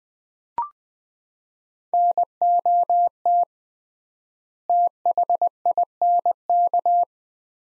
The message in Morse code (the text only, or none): NOT THINK